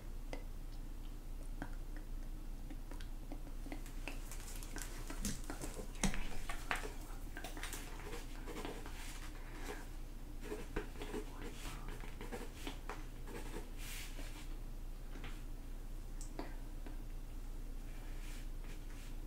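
Whispering, soft and barely audible, runs under a steady low hum for the whole stretch. Small ticks, clicks and light tapping come often and irregularly, busiest between about five and fourteen seconds, with a slightly louder knock near six seconds.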